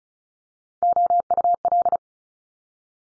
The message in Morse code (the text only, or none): OUL